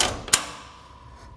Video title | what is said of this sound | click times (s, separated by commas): etrailer - In-Depth Review of the Ark Xtreme Off-Road Swivel Trailer Jack w/ 2 Wheels | you can see it's automatically locked into place once it hits the correct holes | 0.3 s